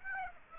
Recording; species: mosquito wingbeat signal from an infrared sensor; Aedes aegypti